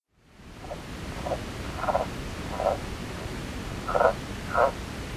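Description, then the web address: Sierra Madre yellow-legged frog calls as short grating notes, about six spaced irregularly over five seconds, growing stronger toward the end, over a steady hiss of background noise. North America. "Songs of Frogs Toads of North America. Sierra Madre Yellow-legged Frog"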